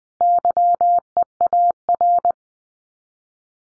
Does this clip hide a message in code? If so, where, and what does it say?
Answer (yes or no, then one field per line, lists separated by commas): yes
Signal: Morse code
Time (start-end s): 0.2-2.3 s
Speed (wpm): 20 wpm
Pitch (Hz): 700 Hz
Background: none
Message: YEAR